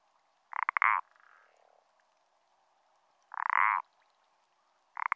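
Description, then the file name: Common parsley frog producing short rasping croaks with clicky starts, three calls a few seconds apart and a faint softer sound after the first. "pelodyte-ponctué"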